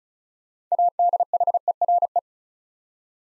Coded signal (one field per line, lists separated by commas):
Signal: Morse code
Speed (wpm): 36 wpm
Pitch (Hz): 700 Hz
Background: none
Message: ADHERE